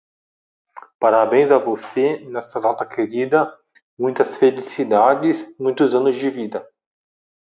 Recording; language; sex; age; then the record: short text; Brazilian Portuguese; male; 30 to 39 years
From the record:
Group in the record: control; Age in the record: 36 years